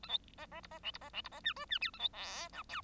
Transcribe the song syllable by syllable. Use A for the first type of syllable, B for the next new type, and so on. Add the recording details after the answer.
A B C C D C E D C E D C F G F H A B I J K. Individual Bird1